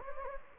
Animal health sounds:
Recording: mosquito wingbeat signal from an infrared sensor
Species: Anopheles gambiae

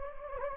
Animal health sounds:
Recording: mosquito wingbeat signal from an infrared sensor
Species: Anopheles gambiae

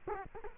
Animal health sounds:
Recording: mosquito wingbeat signal from an infrared sensor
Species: Culex quinquefasciatus

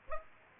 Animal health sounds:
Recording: mosquito wingbeat signal from an infrared sensor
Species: Aedes aegypti

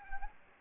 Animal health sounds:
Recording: mosquito wingbeat signal from an infrared sensor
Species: Culex quinquefasciatus

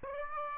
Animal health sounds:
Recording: mosquito wingbeat signal from an infrared sensor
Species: Aedes aegypti

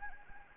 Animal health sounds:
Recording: mosquito wingbeat signal from an infrared sensor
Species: Anopheles gambiae

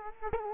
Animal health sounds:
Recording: mosquito wingbeat signal from an infrared sensor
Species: Culex quinquefasciatus

